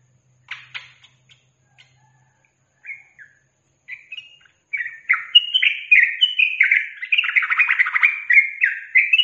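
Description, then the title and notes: Yellow-vented bulbul singing: a few scattered sharp notes build into a fast, continuous stream of warbled, bubbly phrases. Master recording used to train captive birds; song in the styles called tembakan and ropel. "MASTERAN Trucukan Tembakan Dan Ropel. BURUNG TRUCUKAN"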